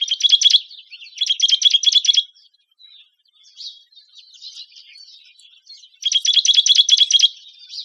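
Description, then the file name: Juniper titmouse rattling call, three quick bursts of scratchy repeated high notes, the first two close together, with quiet twitters filling the gap before the last. "JUTI 5 Deviche"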